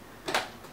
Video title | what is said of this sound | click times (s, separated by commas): Organizing and Decluttering my Thrifted Shoe Collection! | they actually click into place which is so nice | 0.3 s, 0.4 s